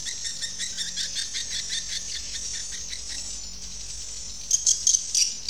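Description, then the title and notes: Swiftlet chirping calls, a pulsing high chatter, then sharper squeaky notes burst out near the end. Swiftlet sound used for swiftlet farming in Asia. "Swiflet Bird Sound. Farming Swiflet Bird asia sound"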